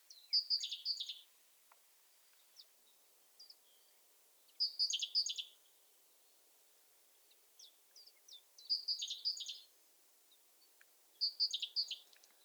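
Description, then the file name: Great tit calling: high, buzzy chattering bursts every few seconds, with scattered thin, high ticking notes between them. "Parus major"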